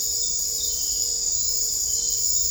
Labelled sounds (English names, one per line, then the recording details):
none
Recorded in dense forest near Puerto Asís, Putumayo, Colombia, on 21 December 2024 at 21:00
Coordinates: 0.500, -76.322
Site G053